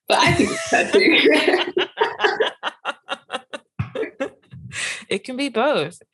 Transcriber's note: laughs